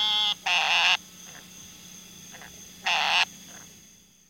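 Frog calling: three loud, buzzy notes up to about half a second long, the first cut off at the start, with fainter shorter notes between and after them.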